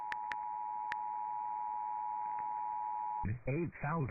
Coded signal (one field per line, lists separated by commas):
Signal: Emergency Alert System (SAME) tones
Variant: 853 and 960 Hz attention tone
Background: speech